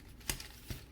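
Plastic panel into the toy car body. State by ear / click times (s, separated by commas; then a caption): not seated / none. A plastic panel on an Earthrise Deluxe Arcee (Transformers War for Cybertron, Wave 2) action figure is pressed into the toy car body during its transformation into car mode. A sharp tap is heard near 0.3 s with a softer one at 0.4 s, then another brief knock around 0.7 s. Nothing has seated or clicked yet; the panel fails to lock in at that spot.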